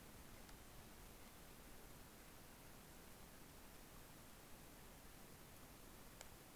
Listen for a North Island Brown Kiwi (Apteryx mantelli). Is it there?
no